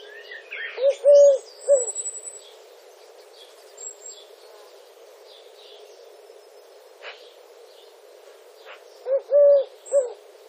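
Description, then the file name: Eurasian collared dove giving its three-part coo, short-long-short, once near the start and again about eight seconds later, with faint high chirps from other birds. "Streptopelia decaocto"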